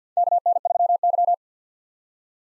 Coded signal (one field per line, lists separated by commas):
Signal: Morse code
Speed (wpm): 50 wpm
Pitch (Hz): 700 Hz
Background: none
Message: KN3Y